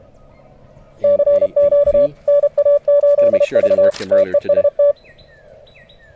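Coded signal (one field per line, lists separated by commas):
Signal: Morse code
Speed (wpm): 32 wpm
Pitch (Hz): 580 Hz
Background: none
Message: CQ NA8V TEST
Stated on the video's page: CW contest worked from a park with a battery-powered Mountain Topper MTR-5B, a SOTABEAMS dipole and a palm mini paddle, reaching distant stations.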